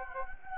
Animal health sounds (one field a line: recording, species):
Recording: mosquito wingbeat signal from an infrared sensor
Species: Anopheles gambiae